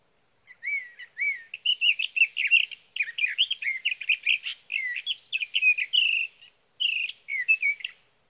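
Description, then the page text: Sage thrasher song: a long, rapid, continuous warble of varied slurred and buzzy notes, high-pitched, running for about seven seconds with brief pauses. Male singing at night near his night roost, evening June 12 to morning June 15, 2018, Sierra Valley, California; night songs, recorded with an autonomous recorder. "Sage thrasher songs, through the night. in Sierra Valley, California"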